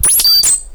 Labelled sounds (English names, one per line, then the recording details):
Stitchbird song
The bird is a male
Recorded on Tiritiri Matangi Island, New Zealand, in 2005
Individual 1, of nest box 1